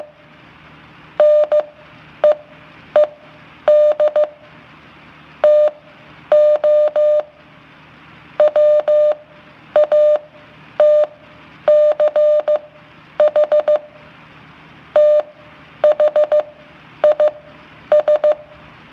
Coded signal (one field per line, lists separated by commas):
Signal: Morse code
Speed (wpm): 15 wpm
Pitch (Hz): 600 Hz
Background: none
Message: NEED TO WATCH THIS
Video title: Morse code